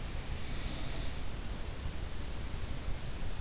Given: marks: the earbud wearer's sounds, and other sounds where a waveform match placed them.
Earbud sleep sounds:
sounds in sleep by an in-ear microphone; breath
0.32-1.11 s: breath

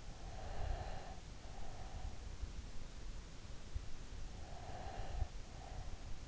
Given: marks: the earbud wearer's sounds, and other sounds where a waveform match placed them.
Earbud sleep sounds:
sounds in sleep by an in-ear microphone; breath
0.34-2.17 s: breath
4.57-5.94 s: breath

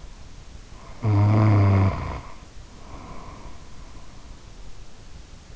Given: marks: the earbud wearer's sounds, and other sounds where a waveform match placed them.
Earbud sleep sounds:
sounds in sleep by an in-ear microphone; snoring breath
0.75-3.76 s: snoring breath

